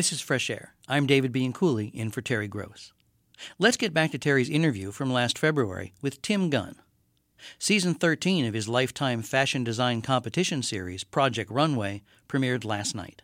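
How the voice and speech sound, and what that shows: A clear, fluent adult male voice introduces a radio program at a steady, relaxed pace, with a few short pauses between phrases. Pitch, voice quality and articulation are all ordinary: normal connected speech from a broadcast host.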